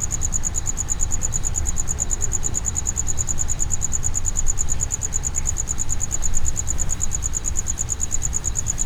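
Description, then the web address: Cricket song: an unbroken series of quick, high ticking pulses at a regular pace, set against a low droning noise. Cricket inside a plastic distribution box at Jászberény Zoo, recorded in 2016. "allathangok jaszberenyizoo 2016 tucsok muanyagelosztodobozban"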